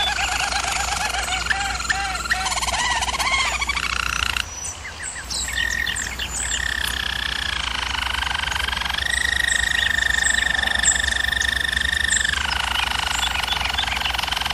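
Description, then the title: German Roller canary song: bubbling rolls, a brief dip into scattered notes, then a long, even roll before it changes. Singing used for canary training. "German Roller Canary Singing - Canary Training Vid"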